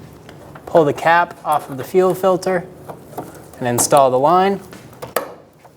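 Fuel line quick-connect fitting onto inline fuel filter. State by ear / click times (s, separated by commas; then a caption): seated / 5.2 s. A top fuel line's quick-connect fitting is pushed onto the plastic nipple of a new inline fuel filter on a 2000-2007 Ford Focus after the filter's cap is pulled off. Someone talks, and a sharp click is heard at 5.2 s as the fitting seats and locks onto the filter.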